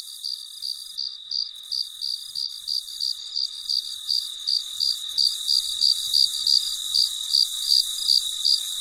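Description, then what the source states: Cricket chirps, quieter at first and growing stronger, repeated roughly every third of a second over a continuous insect drone. Late at night, in deep quiet.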